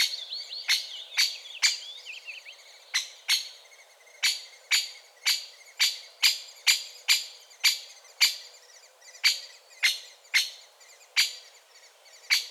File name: Great Spotted Woodpecker Dendrocopos major